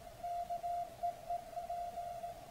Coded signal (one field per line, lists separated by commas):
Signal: Morse code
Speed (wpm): 18 wpm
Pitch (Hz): 700 Hz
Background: none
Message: KEEP